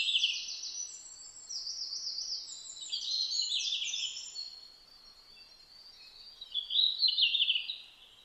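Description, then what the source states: Red-flanked bluetail song with quick high twittering phrases, some zigzagging notes, sung almost continuously for four seconds, then one more phrase after a short gap. Recorded on 12 July 2009 at about 07:27.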